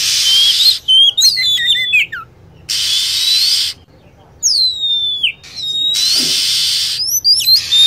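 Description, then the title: Lovebird calls of sharp, descending whistles and rapid chatter, alternating with loud blocks of hissing noise. Lovebird calls used as a lure to attract birds. "PIKAT BURUNG LOVEBIRD"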